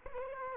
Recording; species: mosquito wingbeat signal from an infrared sensor; Culex quinquefasciatus